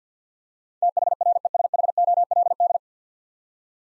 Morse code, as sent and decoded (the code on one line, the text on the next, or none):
- .... .-. . ... .... --- .-.. -..
THRESHOLD